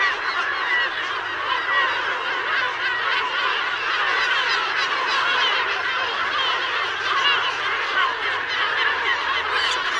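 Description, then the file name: Yellow-legged gulls in a noisy colony chorus, a steady wall of overlapping squealing and cackling cries from many birds, level and unbroken for the whole stretch. "Gabbiano Reale"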